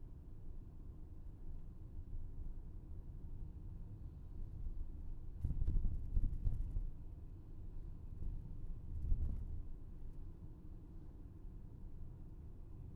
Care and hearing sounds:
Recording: everyday scene through a hearing-aid microphone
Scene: in a vehicle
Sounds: engine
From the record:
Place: VW T5 Caravelle, diesel engine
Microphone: behind the ear, left, rear

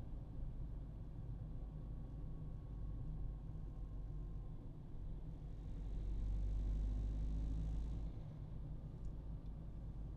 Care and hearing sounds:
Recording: everyday scene through a hearing-aid microphone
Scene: in a vehicle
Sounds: engine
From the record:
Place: Berlingo II, diesel engine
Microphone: in the ear canal, right

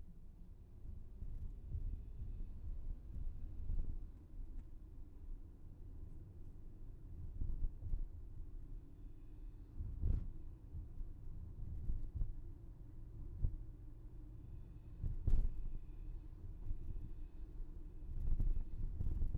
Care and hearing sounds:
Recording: everyday scene through a hearing-aid microphone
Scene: in a vehicle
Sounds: engine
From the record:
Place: VW T5 Caravelle, diesel engine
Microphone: behind the ear, left, front

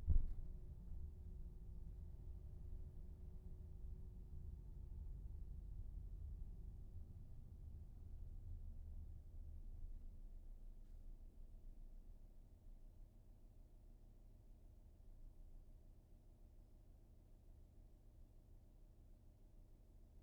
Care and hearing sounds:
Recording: everyday scene through a hearing-aid microphone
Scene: in a vehicle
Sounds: engine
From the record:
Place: VW T5 Caravelle, diesel engine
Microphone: behind the ear, right, rear

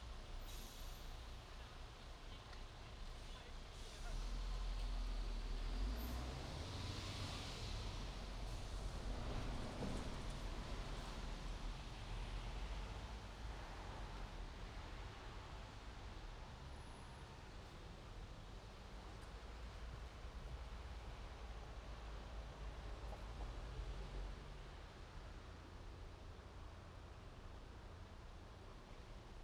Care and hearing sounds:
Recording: everyday scene through a hearing-aid microphone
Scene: in traffic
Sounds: traffic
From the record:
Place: main road on the outskirts, rush hour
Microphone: in the ear canal, right

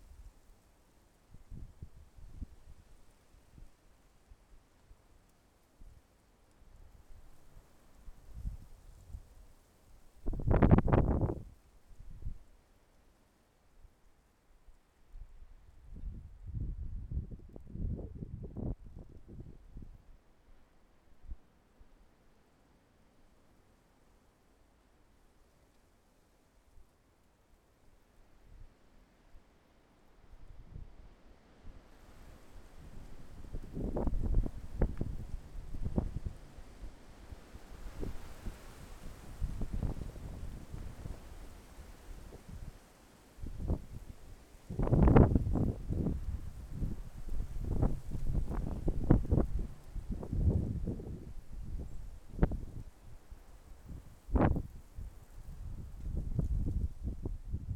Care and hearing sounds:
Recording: everyday scene through a hearing-aid microphone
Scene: wind on the microphone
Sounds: wind, traffic, birds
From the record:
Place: suburban garden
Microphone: behind the ear, left, front

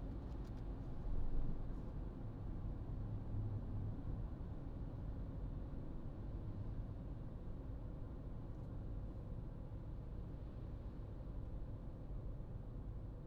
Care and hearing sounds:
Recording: everyday scene through a hearing-aid microphone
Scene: in a vehicle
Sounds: engine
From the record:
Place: Berlingo II, diesel engine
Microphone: in the ear canal, right

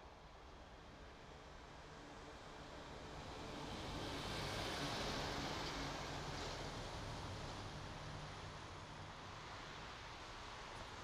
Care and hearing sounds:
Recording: everyday scene through a hearing-aid microphone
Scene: in traffic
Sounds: traffic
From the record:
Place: main road on the outskirts, rush hour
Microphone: in the ear canal, right

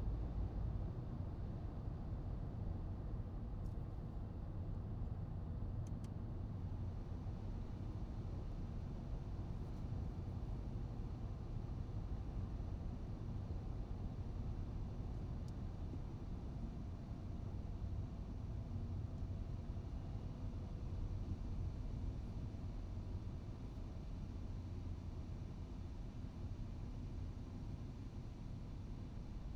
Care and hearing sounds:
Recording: everyday scene through a hearing-aid microphone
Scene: in a vehicle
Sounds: engine, highway driving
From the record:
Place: Skoda Fabia, gasoline engine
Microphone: in the ear canal, right

